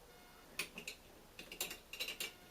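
A spring-loaded CPU socket retention lever on a Dell PowerEdge SC 1425 server motherboard is pressed down into its latch on the socket, clicking home at 0.6 s. A few more short, light clicks and ticks follow over the next two seconds, and the lever is left latched.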